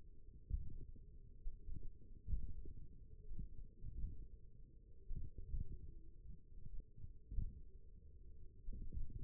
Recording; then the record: forearm muscle sounds (acoustic myography)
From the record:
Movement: finger pinch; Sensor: system 1, eight BSWA MPA416 microphones around the upper forearm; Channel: 2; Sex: male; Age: 28 years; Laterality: right